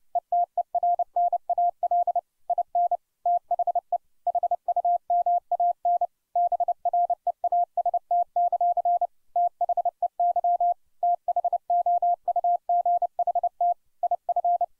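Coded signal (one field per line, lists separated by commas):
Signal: Morse code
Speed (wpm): 29 wpm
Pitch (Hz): 700 Hz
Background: none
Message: ETERNAL IN THE HUMAN BREAST; THEY THOUGHT IF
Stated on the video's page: Morse code copying practice at 30 wpm, sending a well-known poem.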